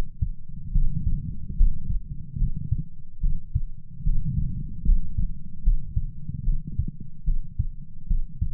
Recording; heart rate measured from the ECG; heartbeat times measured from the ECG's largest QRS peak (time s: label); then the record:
heart sounds by stethoscope; 73 bpm
0.71 s: heartbeat
1.55 s: heartbeat
2.36 s: heartbeat
3.19 s: heartbeat
4.02 s: heartbeat
4.83 s: heartbeat
5.62 s: heartbeat
6.43 s: heartbeat
7.23 s: heartbeat
8.06 s: heartbeat
From the record:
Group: healthy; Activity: rest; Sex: female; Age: 26 years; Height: 165 cm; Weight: 55 kg